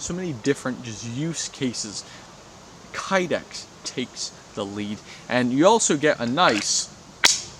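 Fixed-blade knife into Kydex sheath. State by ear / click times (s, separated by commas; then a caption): seated / 7.2 s. A fixed-blade knife is pushed home into its moulded Kydex sheath while someone talks. At 7.3 s a sharp, bright click rings out as the sheath snaps the knife into retention. The knife is seated, giving the click that leather sheaths do not give.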